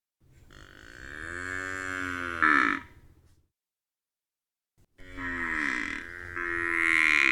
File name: banteng